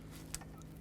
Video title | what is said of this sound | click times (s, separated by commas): How to Replace Front Window Regulator 10-17 Chevy Equinox | gonna go ahead and reconnect your power window motor harness pops into place | 0.3 s